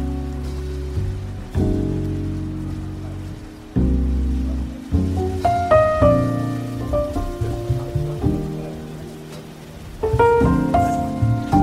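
Soft café music fills the scene, with warm low chords that change every second or two, then a brighter melody of plucked, decaying notes from about five seconds on. A steady, gentle hiss like waves stays underneath throughout.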